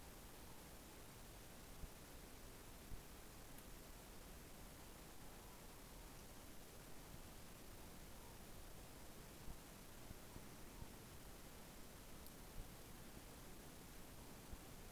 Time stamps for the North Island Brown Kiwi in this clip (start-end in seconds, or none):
none